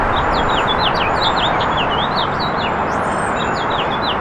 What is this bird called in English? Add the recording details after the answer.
House Finch. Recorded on Long Island, New York, on 1 June 2012. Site AS. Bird B